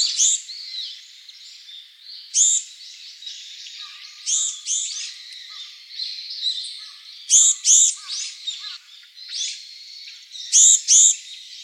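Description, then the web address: Japanese tit calls, loud high paired notes, some doubled, recurring every few seconds over a steady background of thin, high twittering. Recorded together with long-tailed tits. "birdenaga sijukara"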